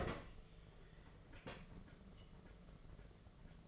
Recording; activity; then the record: daily activity, microphone in the room; open fridge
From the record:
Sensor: 4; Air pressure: 1015.9 hPa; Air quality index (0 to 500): 193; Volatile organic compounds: 10 ppm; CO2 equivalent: 2221 ppm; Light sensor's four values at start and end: 18/43/18/19 and 13/30/13/14